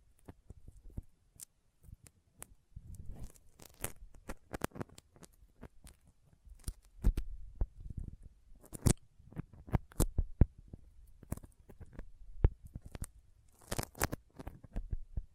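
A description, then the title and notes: Sticky fingers make quick, irregular tacky pops and peeling clicks, some crisp and sharp, others duller. Bursts come in uneven clusters, busiest around seven to ten seconds and again near fourteen, over a soft low rumble between the snaps. ASMR Intense Sticky Finger Sounds (No Talking).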